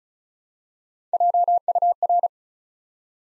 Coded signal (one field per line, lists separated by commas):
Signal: Morse code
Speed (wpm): 36 wpm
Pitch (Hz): 700 Hz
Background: none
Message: JUR